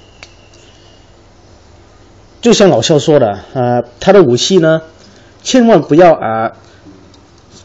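A small plastic toy weapon is pressed slightly into an action figure's hand and seats with a single sharp plastic tick at 0.2 s. Someone talks over a low background hiss, and a faint tick follows at 7.1 s.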